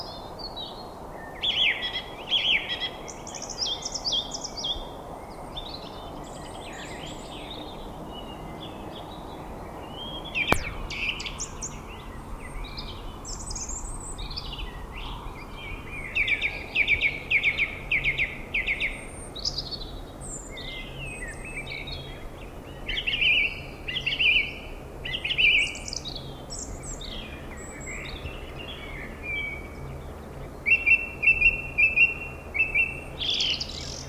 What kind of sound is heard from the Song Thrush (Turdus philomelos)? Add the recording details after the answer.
song. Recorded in the wild. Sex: male. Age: adult. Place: Garmisch-Partenkirchen, Bayern, DE. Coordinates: 47.4944, 11.1631. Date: 1962-04-22. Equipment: Stellavox SM 5, AKG D19-200, Vorverstärker, Original, Vollspur. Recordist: Tretzel, Erwin